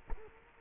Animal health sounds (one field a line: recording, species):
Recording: mosquito wingbeat signal from an infrared sensor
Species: Culex quinquefasciatus